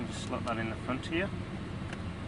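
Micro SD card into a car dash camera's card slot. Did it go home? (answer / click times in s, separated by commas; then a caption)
yes / 1.9 s. Someone talks while pushing a micro SD card into the slot on the front of a D35 Full HD dual car DVR dash camera, over a steady low hum. A short, sharp click at 1.9 s marks the card latching into place, seated.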